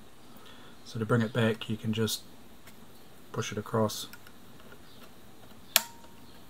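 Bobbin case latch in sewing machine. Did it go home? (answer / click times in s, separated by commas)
yes / 5.8 s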